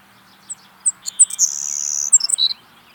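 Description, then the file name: Savannah sparrow singing: several sharp, very high ticks accelerating into a drawn-out hissing buzz, ending with brief lower buzzy notes. "Passerculus sandwichensis - Savannah Sparrow"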